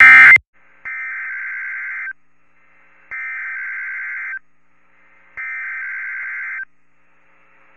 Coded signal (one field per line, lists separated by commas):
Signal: Emergency Alert System (SAME) tones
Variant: header bursts